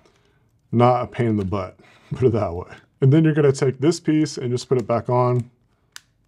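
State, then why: Seated. Someone talks while the hard plastic shell piece of a rugged phone case is put back onto a Samsung Galaxy S24 Ultra smartphone. After the talking stops, a single sharp click sounds at 6.0 s as the shell snaps into place.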